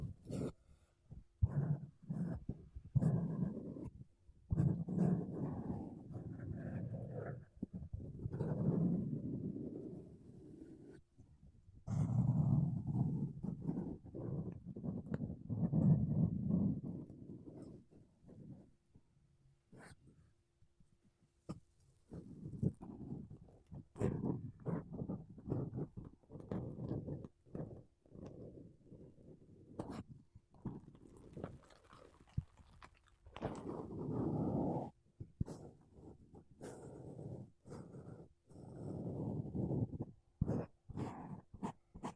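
Makeup brushes and a sponge brush across a mic in soft, dense, low swishing bursts, with pauses near 11, 19 and 31 seconds.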